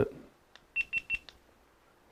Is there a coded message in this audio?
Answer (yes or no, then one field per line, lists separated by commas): no